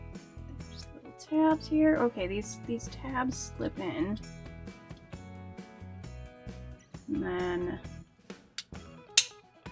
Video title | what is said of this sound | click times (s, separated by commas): Atlantis Snoopy Ice Hockey Game & Model Kit - Full Build - Peanuts Mattel Model Kit Reproduction | that snaps right in just | 9.2 s